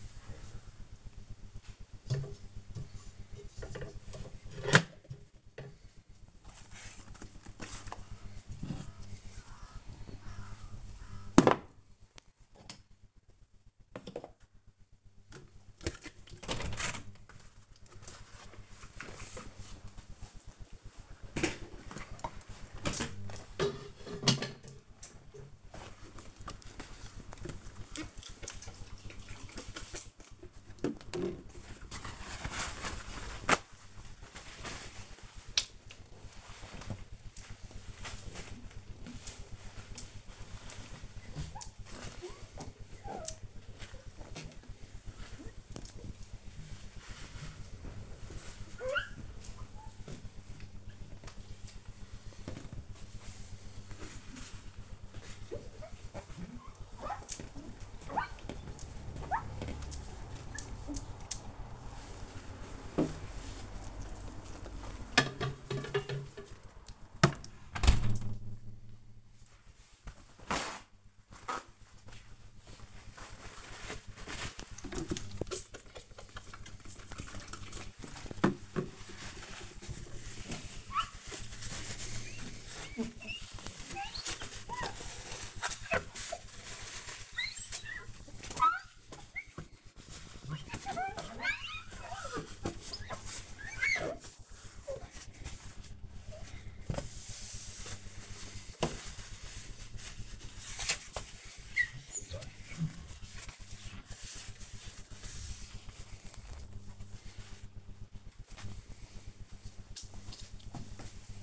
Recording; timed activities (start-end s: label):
household activities, microphone on the right wrist
23.25-107.89 s: window cleaning